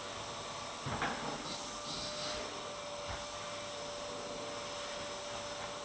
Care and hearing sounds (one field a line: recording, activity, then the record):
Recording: daily activity, microphone in the room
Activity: vacuum cleaning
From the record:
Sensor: 3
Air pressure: 1007.7 hPa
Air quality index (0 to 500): 49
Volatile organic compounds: 1 ppm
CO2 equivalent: 576 ppm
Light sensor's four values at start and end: 9/21/8/8 and 9/21/8/8